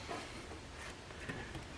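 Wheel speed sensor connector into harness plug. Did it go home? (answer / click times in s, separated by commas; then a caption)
no / none. The electrical connector of a new front wheel speed sensor on a Chevy Equinox AWD is being routed around and handled near its mating plastic harness plug, producing faint, continuous rustling and handling noise with no distinct impacts. Nothing has seated or clicked yet.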